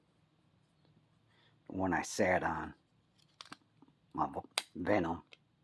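Someone talks while handling a plastic HO slot car body over its chassis, with a few faint, sharp handling ticks between the words. The body has not yet been pressed home, so nothing has seated or clicked yet.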